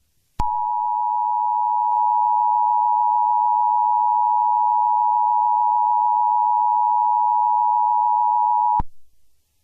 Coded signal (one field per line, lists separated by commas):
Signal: Emergency Alert System (SAME) tones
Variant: 853 and 960 Hz attention tone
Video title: EAS Test Mock